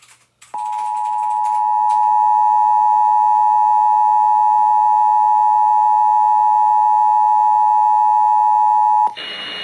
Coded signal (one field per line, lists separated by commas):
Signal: Emergency Alert System (SAME) tones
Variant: 853 and 960 Hz attention tone